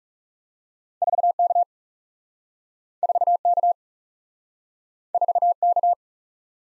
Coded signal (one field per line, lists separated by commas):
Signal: Morse code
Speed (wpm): 38 wpm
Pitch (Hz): 700 Hz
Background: none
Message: 4 K 4 K 4 K